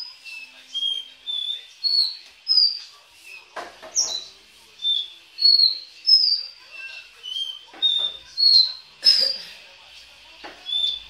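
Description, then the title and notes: Belgian canary song: a steady series of clear whistled notes at varying pitches, with a few brief noisy bursts among them. "Canario Belga, nyonyastudio"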